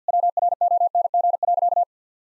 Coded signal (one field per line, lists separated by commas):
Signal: Morse code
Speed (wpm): 50 wpm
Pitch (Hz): 700 Hz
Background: none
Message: WRONG.